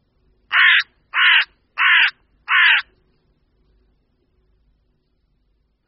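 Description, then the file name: Carrion crow cawing: four harsh, hoarse caws in quick, even succession, followed by several seconds of quiet. "Vrána obecná"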